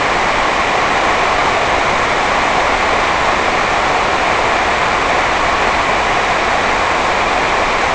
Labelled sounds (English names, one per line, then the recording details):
none
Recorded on Arctic tundra, site NAIT-1, on 28 June 2018
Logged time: 11:00